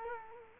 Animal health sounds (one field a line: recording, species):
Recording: mosquito wingbeat signal from an infrared sensor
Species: Culex quinquefasciatus